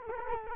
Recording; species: mosquito wingbeat signal from an infrared sensor; Culex quinquefasciatus